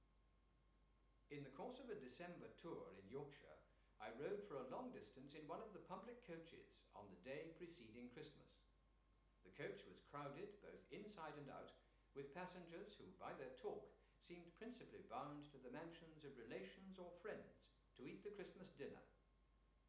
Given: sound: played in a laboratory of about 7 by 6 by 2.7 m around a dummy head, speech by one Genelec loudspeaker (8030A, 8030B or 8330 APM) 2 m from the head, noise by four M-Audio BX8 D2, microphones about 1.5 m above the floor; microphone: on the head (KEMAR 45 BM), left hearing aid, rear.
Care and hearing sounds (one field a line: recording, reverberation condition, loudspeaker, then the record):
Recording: male speech in English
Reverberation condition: medium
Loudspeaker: 90 degrees to the left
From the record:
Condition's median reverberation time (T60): about 510 ms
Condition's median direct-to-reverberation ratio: about -0.5 dB